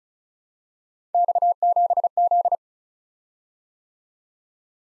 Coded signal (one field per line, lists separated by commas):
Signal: Morse code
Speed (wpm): 36 wpm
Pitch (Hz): 700 Hz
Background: none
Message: X7Z